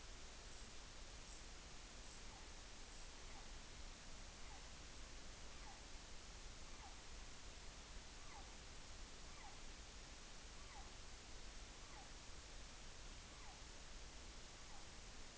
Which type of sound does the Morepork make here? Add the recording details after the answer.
weow call. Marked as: faintness 5/5. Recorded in New Zealand on 14 June 2013. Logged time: 02:27. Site Ponui